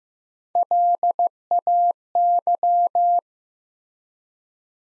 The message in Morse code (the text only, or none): LAY